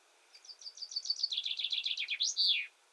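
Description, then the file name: Common chaffinch song: a cascading series of quick notes falling in pitch, breaking into a fast trill and closing with a loud, ringing terminal flourish. "Fringilla coelebs"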